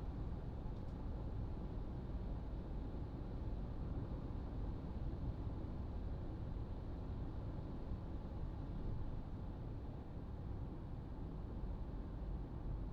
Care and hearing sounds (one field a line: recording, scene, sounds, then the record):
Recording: everyday scene through a hearing-aid microphone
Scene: in a vehicle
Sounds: engine, highway driving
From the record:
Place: Berlingo II, diesel engine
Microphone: in the ear canal, right